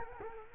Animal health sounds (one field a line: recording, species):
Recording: mosquito wingbeat signal from an infrared sensor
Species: Culex quinquefasciatus